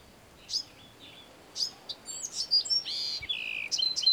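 Bewick's wren singing: spaced high chips at first, then a dense buzzy burst and a lower burry note, ending with a few sharp notes.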